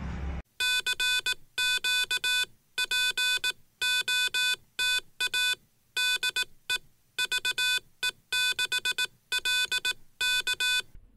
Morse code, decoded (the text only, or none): CQ POTA DE VE6LK